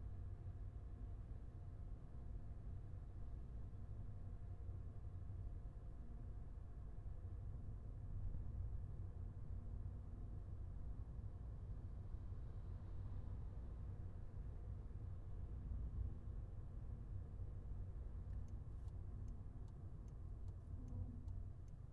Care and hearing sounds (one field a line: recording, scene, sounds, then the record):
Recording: everyday scene through a hearing-aid microphone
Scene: in a vehicle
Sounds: engine, highway driving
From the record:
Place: Skoda Fabia, gasoline engine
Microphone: behind the ear, left, front